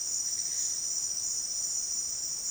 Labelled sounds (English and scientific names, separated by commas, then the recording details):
none
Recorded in dense forest near Puerto Asís, Putumayo, Colombia, on 23 June 2025 at 12:00
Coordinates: 0.468, -76.322
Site GP03